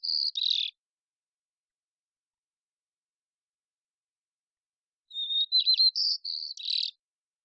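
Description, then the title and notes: White-crowned sparrow song fragments: a short whistled-and-buzzy ending at the start, then after silence a fuller phrase of clear whistles, warbled notes and a buzzy close. Songs and calls, probably an immature bird learning the song or experimenting with variation; Pacific Northwest, Washington, United States; parabolic recording. "White-crowned Sparrow, Zonotrichia leucophrys, Songs and Calls, probably an immature bird learning the song or experimenting with variation, family: New World Sparrows Recorded in the beautiful Pacific Northwest, Washington, United States"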